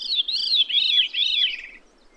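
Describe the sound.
Bird song phrase of four arched, slurred whistled notes in a row, each sweeping up and down, fading out after under two seconds.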